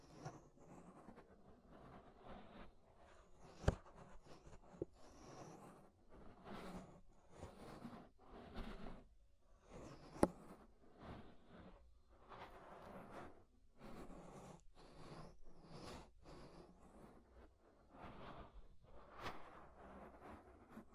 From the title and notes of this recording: Inner and Outer Ear Scraping (No Talking).